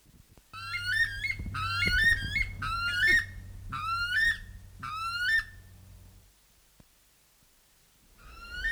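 Buff weka calling: a series of harmonically rich whistled notes, each sliding upward, about one per second, then a pause before another note begins; low hum underneath.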